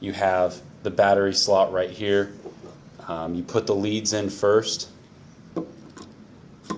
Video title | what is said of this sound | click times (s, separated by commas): Trimble 773 Introduction Ep1 Purdue BCM | and then you push until it clicks and then there's your battery in there | 5.6 s